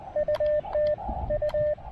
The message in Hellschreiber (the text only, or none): none